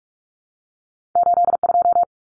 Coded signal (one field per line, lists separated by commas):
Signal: Morse code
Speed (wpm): 44 wpm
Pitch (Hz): 700 Hz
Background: none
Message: 82